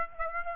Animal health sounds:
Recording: mosquito wingbeat signal from an infrared sensor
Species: Aedes aegypti

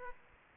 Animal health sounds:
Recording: mosquito wingbeat signal from an infrared sensor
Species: Aedes aegypti

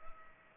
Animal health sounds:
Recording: mosquito wingbeat signal from an infrared sensor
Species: Culex pipiens

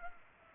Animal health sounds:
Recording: mosquito wingbeat signal from an infrared sensor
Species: Culex pipiens

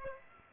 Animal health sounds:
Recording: mosquito wingbeat signal from an infrared sensor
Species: Aedes aegypti

